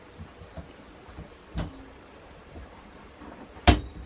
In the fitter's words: three spread the handle over the head shaft and snap into place secure